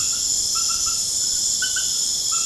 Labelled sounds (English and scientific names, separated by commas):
none